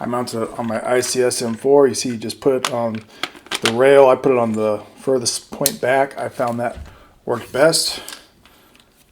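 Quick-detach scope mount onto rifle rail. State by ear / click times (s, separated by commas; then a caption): seated / 8.8 s. Someone talks while a thermal scope on a quick-detach ADM-style mount is pushed down onto the top rail of an ICS M4 airsoft rifle at the rearmost position, chosen because that worked best. After the talking fades, the mount's lever locks with two short, sharp clicks at about 8.8 s, and the scope is seated on the rail.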